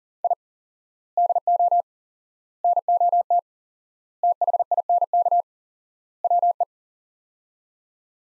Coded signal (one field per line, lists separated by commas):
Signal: Morse code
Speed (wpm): 40 wpm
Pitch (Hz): 700 Hz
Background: none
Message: I DO NOT THINK WE